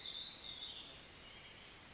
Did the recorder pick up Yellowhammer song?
no